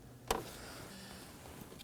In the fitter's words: You'll hear a click when it comes undone.